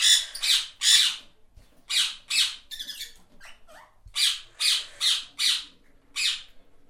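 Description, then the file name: Parrot calling with loud grating squawks in clusters, a softer stretch of quieter chatter in the middle, then a rapid run of five harsh calls. "birds sounds parrots"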